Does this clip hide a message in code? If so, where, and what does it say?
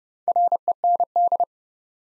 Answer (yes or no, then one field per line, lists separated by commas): yes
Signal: Morse code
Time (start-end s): 0.3-1.4 s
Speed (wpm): 29 wpm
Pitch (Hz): 700 Hz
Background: none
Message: REND